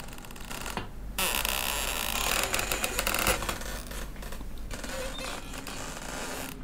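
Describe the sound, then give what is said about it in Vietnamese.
A door swings open slowly, its hinges letting out a long, drawn-out creak that grates and stretches for several seconds, fairly loud with no one speaking. “Đột nhiên cánh cửa từ từ mở ra, vang lên tiếng bản lề cọt kẹt, nghe đến muốn nổi da gà.”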